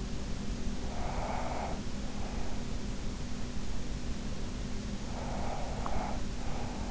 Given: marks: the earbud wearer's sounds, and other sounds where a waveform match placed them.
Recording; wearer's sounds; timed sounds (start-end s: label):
sounds in sleep by an in-ear microphone; breath
0.63-1.98 s: breath
4.97-6.91 s: breath